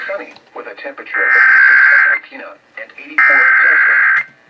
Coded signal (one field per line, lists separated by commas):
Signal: Emergency Alert System (SAME) tones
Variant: header bursts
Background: speech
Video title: National EAS Test on 107.5 WCCW-FM